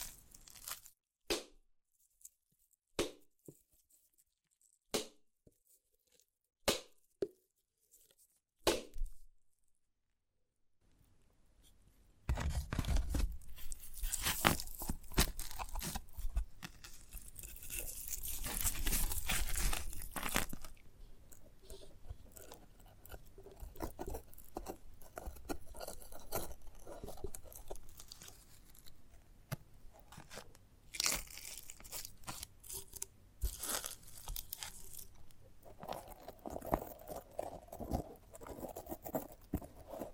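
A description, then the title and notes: Sprouted coconut ASMR: sparse sharp taps over silence for ten seconds, then steady dense crunching, tearing and chewing sounds with frequent crisp clicks. ASMR of a Sprouted Coconut (No Talking).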